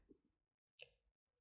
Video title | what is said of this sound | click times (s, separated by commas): How to Terminate XP Fit Uni SC on to 3mm Cable | and you hear it click | 0.8 s